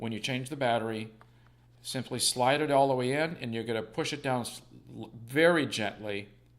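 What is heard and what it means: A rechargeable battery is handled at a camera's battery compartment, to be slid fully in and pushed down gently, while someone talks throughout. No click is heard, and the battery has not seated yet.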